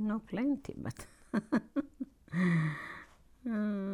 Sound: she laughs

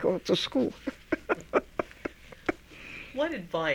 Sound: laughs

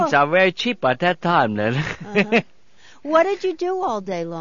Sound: he laughs

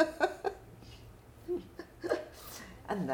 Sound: laughs

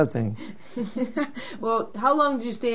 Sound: they laugh

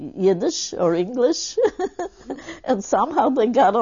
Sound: she laughs

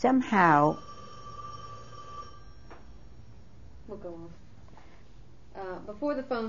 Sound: telephone rings, break in tape

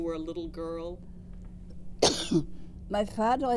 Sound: coughs

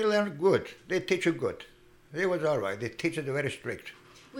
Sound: none

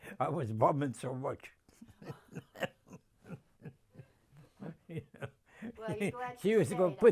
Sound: laughing

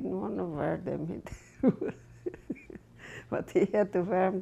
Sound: she laughs

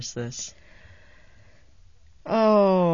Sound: she sighs

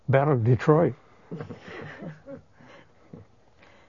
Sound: laughs

